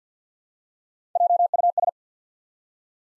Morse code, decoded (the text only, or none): JUS